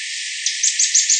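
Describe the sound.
Bird call notes: several brief, high, clipped chips repeated at a fast, even pace against background hiss.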